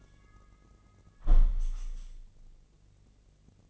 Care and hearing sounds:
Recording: daily activity, microphone in the room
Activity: close window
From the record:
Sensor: 4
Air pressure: 1013.2 hPa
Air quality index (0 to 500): 173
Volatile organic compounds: 2 ppm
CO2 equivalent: 1086 ppm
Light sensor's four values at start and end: 59/146/60/63 and 64/160/66/68

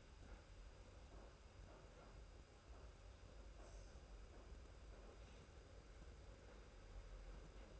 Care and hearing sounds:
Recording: daily activity, microphone in the room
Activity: make coffee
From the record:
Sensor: 2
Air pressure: 991.6 hPa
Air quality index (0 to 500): 188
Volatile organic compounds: 1000 ppm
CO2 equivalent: 6132 ppm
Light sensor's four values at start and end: 32/96/37/36 and 32/96/38/36

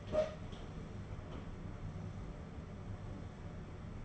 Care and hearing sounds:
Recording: daily activity, microphone in the room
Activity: open door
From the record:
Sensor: 4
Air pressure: 1016.1 hPa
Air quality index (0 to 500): 209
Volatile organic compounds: 13 ppm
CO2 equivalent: 2382 ppm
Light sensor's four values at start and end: 9/20/8/7 and 9/20/8/7

